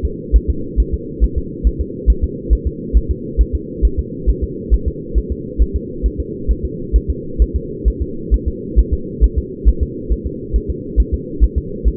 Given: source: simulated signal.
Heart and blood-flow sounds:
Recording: fetal heart sounds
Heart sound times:
0.05 s: S2
0.36 s: S1
0.50 s: S2
0.80 s: S1
0.94 s: S2
1.24 s: S1
1.38 s: S2
1.67 s: S1
1.81 s: S2
2.10 s: S1
2.24 s: S2
2.53 s: S1
2.67 s: S2
2.97 s: S1
3.11 s: S2
3.41 s: S1
3.55 s: S2
3.85 s: S1
3.99 s: S2
4.29 s: S1
4.44 s: S2
4.74 s: S1
4.88 s: S2
5.18 s: S1
5.32 s: S2
5.62 s: S1
5.76 s: S2
6.06 s: S1
6.20 s: S2
6.51 s: S1
6.65 s: S2
6.96 s: S1
7.10 s: S2
7.42 s: S1
7.56 s: S2
7.88 s: S1
8.02 s: S2
8.34 s: S1
8.48 s: S2
8.79 s: S1
8.94 s: S2
9.24 s: S1
9.38 s: S2
9.69 s: S1
9.83 s: S2
10.12 s: S1
10.27 s: S2
10.56 s: S1
10.70 s: S2
11.00 s: S1
11.14 s: S2
11.44 s: S1
11.58 s: S2
11.88 s: S1
From the record:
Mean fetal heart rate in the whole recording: 135 bpm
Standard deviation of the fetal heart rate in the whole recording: 3 bpm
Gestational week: 34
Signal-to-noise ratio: -4.3 dB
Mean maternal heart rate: 72 bpm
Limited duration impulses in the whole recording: absent

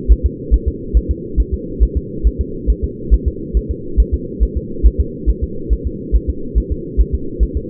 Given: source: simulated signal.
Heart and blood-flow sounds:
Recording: fetal heart sounds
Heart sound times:
0.12 s: S1
0.26 s: S2
0.54 s: S1
0.68 s: S2
0.97 s: S1
1.11 s: S2
1.40 s: S1
1.54 s: S2
1.83 s: S1
1.97 s: S2
2.27 s: S1
2.41 s: S2
2.70 s: S1
2.84 s: S2
3.14 s: S1
3.28 s: S2
3.57 s: S1
3.71 s: S2
4.00 s: S1
4.14 s: S2
4.43 s: S1
4.57 s: S2
4.86 s: S1
5.00 s: S2
5.30 s: S1
5.44 s: S2
5.73 s: S1
5.87 s: S2
6.16 s: S1
6.30 s: S2
6.58 s: S1
6.72 s: S2
7.01 s: S1
7.15 s: S2
7.43 s: S1
7.57 s: S2
From the record:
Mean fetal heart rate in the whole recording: 140 bpm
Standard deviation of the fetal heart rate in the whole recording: 2 bpm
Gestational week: 34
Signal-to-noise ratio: -4.3 dB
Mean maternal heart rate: 72 bpm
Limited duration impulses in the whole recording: absent

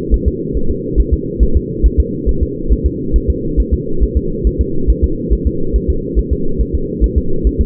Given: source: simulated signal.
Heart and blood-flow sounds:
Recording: fetal heart sounds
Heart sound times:
0.14 s: S1
0.28 s: S2
0.57 s: S1
0.71 s: S2
1.00 s: S1
1.14 s: S2
1.43 s: S1
1.56 s: S2
1.86 s: S1
2.00 s: S2
2.29 s: S1
2.43 s: S2
2.73 s: S1
2.86 s: S2
3.16 s: S1
3.30 s: S2
3.60 s: S1
3.74 s: S2
4.03 s: S1
4.17 s: S2
4.47 s: S1
4.61 s: S2
4.90 s: S1
5.04 s: S2
5.33 s: S1
5.47 s: S2
5.76 s: S1
5.90 s: S2
6.19 s: S1
6.33 s: S2
6.61 s: S1
6.75 s: S2
7.04 s: S1
7.18 s: S2
7.47 s: S1
7.61 s: S2
From the record:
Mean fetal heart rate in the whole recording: 140 bpm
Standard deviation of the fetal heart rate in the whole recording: 2 bpm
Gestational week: 34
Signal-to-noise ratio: -8.1 dB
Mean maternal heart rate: 72 bpm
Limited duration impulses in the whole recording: absent

